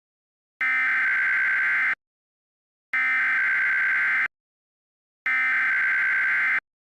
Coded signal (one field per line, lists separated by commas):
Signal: Emergency Alert System (SAME) tones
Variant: header bursts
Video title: EAS Mock: Tornado Emergency (Requested)